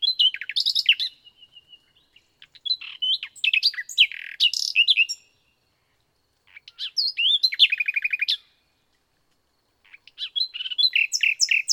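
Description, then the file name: Common nightingale singing several phrases separated by pauses, mixing harsh chatter, whistles and a fast rattle of repeated notes. "Luscinia megarhynchos"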